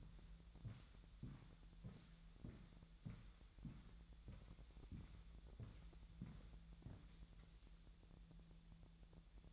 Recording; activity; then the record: daily activity, microphone in the room; walk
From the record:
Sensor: 3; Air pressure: 1002.0 hPa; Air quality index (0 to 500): 240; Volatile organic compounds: 107 ppm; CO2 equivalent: 3800 ppm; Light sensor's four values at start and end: 8/19/8/8 and 8/20/8/8